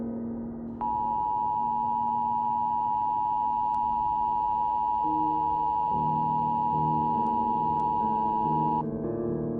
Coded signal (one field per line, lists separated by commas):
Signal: Emergency Alert System (SAME) tones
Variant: 853 and 960 Hz attention tone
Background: music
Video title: The Warner EF4: an EAS scenario